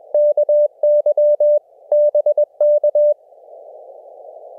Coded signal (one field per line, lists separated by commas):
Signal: Morse code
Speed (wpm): 21 wpm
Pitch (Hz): 600 Hz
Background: none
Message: KY BK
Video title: EFHW MIGHT be an Acceptable POTA Antenna Now - 5/8/23 @ K-4451